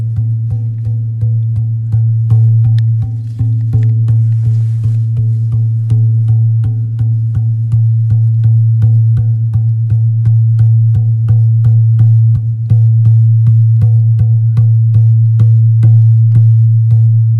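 A metal drum by the sea rings with a deep, steady hum that holds for the whole stretch. Sharp taps land every half second or so, evenly paced, each with a short bright ring. A faint hiss rises briefly around the middle.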